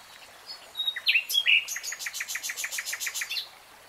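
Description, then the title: Nightingale delivering a few short notes, then a fast, pulsing rattle of sharp repeated notes. Nightingale singing in real time. "[Tiếng chim hót] REALTIME Nightingale Singing"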